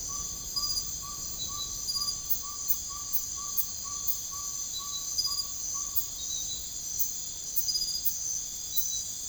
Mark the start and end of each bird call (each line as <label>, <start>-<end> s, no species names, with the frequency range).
bird call (0.7-1.5 kHz), 0.00-5.98 s